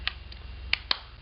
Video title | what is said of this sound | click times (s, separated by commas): Apple Universal Dock re-unboxing | just set it in like that and it snaps into place | 0.7 s, 0.9 s